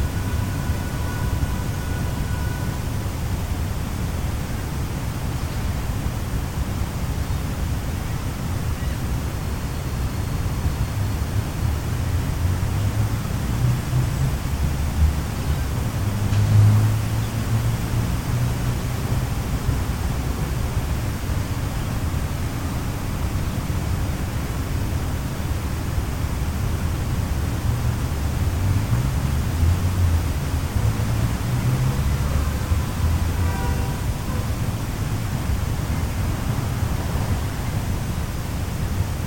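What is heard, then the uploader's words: A steady, dense hiss of city noise with a deep low rumble holds even throughout, with faint tones and brief passing sounds. City & White Noise Sounds. Gentle city sounds and calming white noise. The steady hum of white noise.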